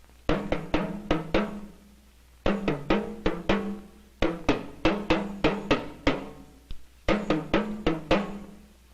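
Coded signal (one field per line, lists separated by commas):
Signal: talking drum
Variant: Yoruba dùndún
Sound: four repeated phrases of five or six low drum strokes with bending pitch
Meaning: The thief's problem is not stealing the chief's trumpet but where to blow it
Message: Olè tó gbé kàkàkí, níbo ni ó ti fọ́n?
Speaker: Níbo ni ó ti fọ́n? Níbo ni ó ti fọ́n? Olè tó gbé kàkàkí, níbo ni ó ti fọ́n? Let's hear it on the drum once more.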